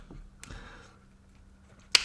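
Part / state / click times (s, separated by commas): crankcase vent valve bolt on engine block, tightened with torque wrench / torque reached / 1.9 s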